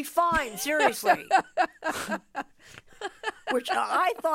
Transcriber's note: laughter